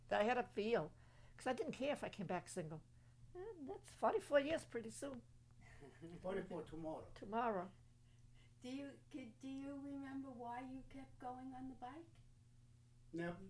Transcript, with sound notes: I had to feel. Because I didn't care if I came back single. That's forty-four years pretty soon. (laughs)
Forty-four tomorrow.
Tomorrow.
Do you remember why you kept going on the bike?